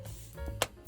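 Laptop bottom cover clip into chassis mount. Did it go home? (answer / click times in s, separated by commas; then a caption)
yes / 0.6 s. A laptop bottom cover clip is pressed down into its chassis mount, giving a sharp snap at 0.6 s over a low background hum. The clip seats, holding the back plate secure so it won't wiggle.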